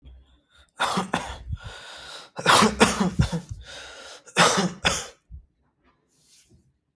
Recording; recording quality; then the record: shallow voluntary cough; excellent, no background noise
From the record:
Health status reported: healthy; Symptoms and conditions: none ticked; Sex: male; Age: 33 years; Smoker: not ticked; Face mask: not worn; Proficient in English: yes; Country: India